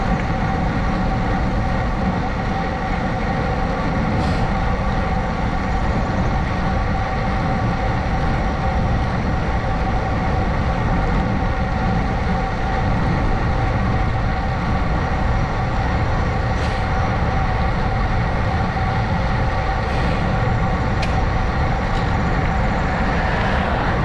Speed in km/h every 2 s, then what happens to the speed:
26, 26, 26, 26, 26, 26, 27, 27, 27, 27, 27, 27.
0-24 steady at about 26.